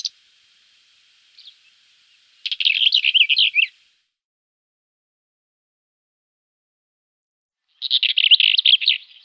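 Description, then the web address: Black-eared wheatear singing two fast, scratchy warbled phrases, each a second or more long, separated by a long pause, with brief faint notes near the start. "Schulze Peter Black-eared Wheatear song"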